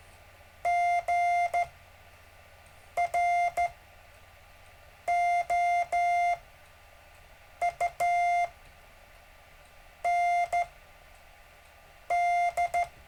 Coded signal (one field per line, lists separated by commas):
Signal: Morse code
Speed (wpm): 14 wpm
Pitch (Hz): 700 Hz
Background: music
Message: GROUND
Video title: David Casler Live Stream Morse Code 1 17 Feb 2018